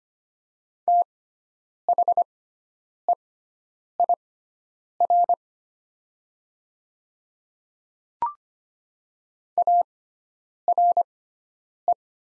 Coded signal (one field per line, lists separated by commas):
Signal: Morse code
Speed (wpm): 25 wpm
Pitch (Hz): 700 Hz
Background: none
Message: THEIR ARE